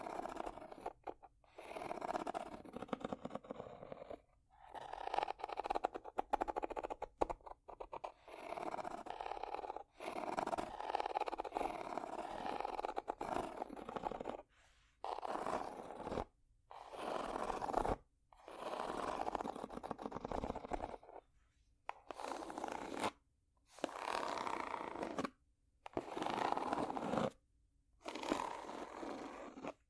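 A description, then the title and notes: Scratching across a ridged surface comes in repeated strokes, each a rough, grainy rasp lasting one to three seconds, split by brief silences. The strokes fall at a fairly steady pace through the whole stretch, with a mid-toned, slightly bright texture and quick ticking within each pass. ASMR Scratching Ridges For Tingles （No Talking）.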